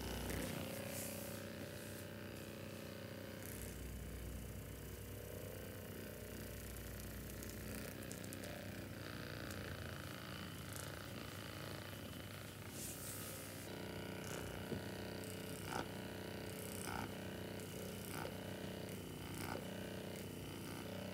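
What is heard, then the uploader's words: An electric massager runs during a full body massage, its steady low motor buzz shifting tone around thirteen seconds amid scattered rubbing taps. Spa full body massage with massager.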